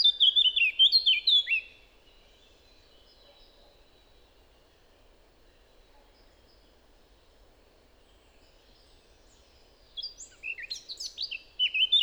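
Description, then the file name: Eurasian blackcap song: a rich warbling burst at the start, a long quiet gap, then a second scratchy, varied phrase near the end. "Sylvia atricapilla"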